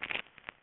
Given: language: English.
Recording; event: throat vibration sensor signal played as sound; swallow